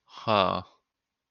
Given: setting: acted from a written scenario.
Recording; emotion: vocal sound without words; neutral